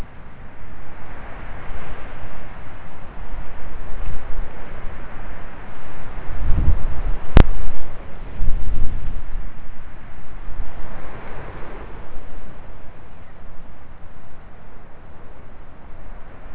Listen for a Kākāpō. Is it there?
no